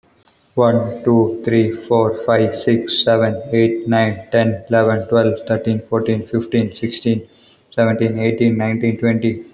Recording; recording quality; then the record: counting at a normal pace; excellent, no background noise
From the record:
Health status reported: healthy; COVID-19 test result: not tested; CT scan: not taken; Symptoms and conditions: none ticked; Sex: male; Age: 25 years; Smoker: no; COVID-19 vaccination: one dose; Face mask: not worn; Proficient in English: yes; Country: India